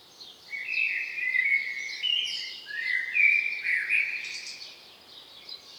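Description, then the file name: Common blackbird song: mellow warbling phrases that rise and fall, then finish with high, scratchy twittering notes. "Turdus merula"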